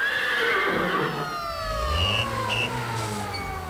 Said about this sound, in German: Die Pferde wiehern. Und die Flitzwagen der Polizei, Abteilung Unfall, springen dorthin, wo die Pferde wiehern.